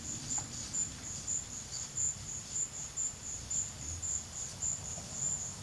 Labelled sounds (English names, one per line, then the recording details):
none
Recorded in pastures near Puerto Asís, Putumayo, Colombia, on 8 March 2025 at 15:00
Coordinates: 0.487, -76.322
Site G077